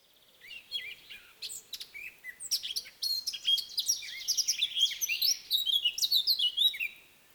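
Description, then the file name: Eurasian blackcap singing a quiet, scratchy warble that swells into a rapid, tumbling stream of bright whistles and chirps, then trails off into silence. "Sylvia atricapilla"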